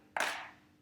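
A magnetic/clip-on foam faceplate is pulled away from the plastic body of an Oculus Quest VR headset, worked around toward the nose with gentle pressure. A single sharp click at 0.2 s fades out quickly. The faceplate comes free of the headset.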